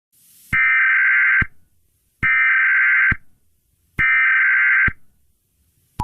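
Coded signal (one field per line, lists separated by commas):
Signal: Emergency Alert System (SAME) tones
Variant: header bursts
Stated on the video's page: Fictional EAS scenario using valid EAS tones.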